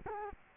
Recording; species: mosquito wingbeat signal from an infrared sensor; Culex quinquefasciatus